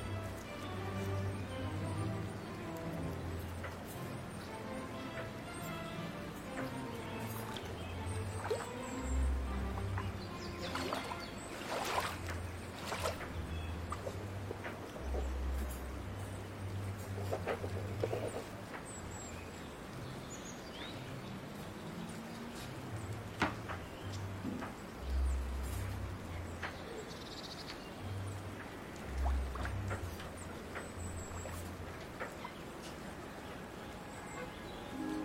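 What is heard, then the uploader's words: Ducks play in the water amid a busy mix of splashing, clicks and bird calls, over a low, uneven rumble that pulses throughout. Ducks playing in the water.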